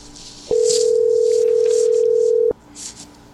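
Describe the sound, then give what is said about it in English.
A telephone ringing tone from an outgoing call waiting to be answered: one steady, mid-pitched electronic burst lasting about two seconds, then cutting off, leaving only faint background hiss. “Well, we're just continuing to try to get someone to answer the goddamned phone.”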